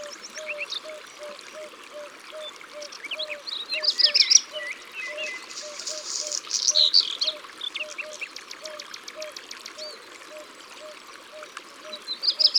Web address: Rougequeue-noir abc-de-la-nature